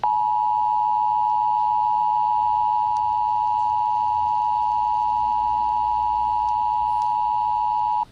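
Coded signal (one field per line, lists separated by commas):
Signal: Emergency Alert System (SAME) tones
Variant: 853 and 960 Hz attention tone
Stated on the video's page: Fictional EAS scenario based on a SpongeBob game, made for entertainment.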